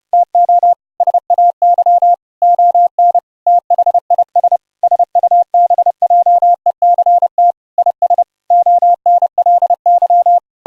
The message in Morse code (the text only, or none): TO SAY ON THIS SUBJECT IS ONLY